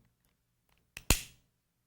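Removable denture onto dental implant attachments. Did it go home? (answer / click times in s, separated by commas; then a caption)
yes / 1.0 s, 1.1 s. An implant-retained removable denture is pressed down onto the dental implant attachments of a model, giving two sharp clicks at 1.0 s and 1.1 s, the second louder with a short ringing tail. The denture snaps into place and sits very snug on the implants.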